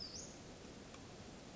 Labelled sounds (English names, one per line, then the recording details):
Western Flycatcher
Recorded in Sonoma County, California